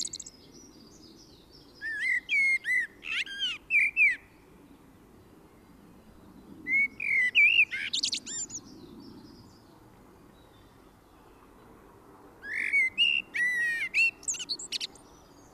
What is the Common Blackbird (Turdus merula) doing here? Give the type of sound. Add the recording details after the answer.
song. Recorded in the wild. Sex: male. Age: adult. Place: Kaiserslautern, Rheinland-Pfalz, DE. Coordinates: 49.3939, 7.30611. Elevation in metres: 313. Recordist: Tretzel, Erwin